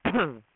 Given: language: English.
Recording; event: throat vibration sensor signal played as sound; cough